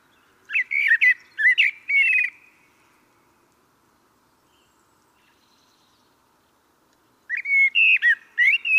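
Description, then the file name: Common blackbird uttering two bursts of loud, rapid whistled and squeaky notes, at the start and near the end, with silence between. "Turdus merula"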